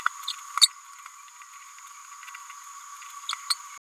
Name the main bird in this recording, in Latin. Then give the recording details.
Forpus passerinus. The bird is a male. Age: 30 days. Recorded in a nest box in Venezuela. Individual 17B102A4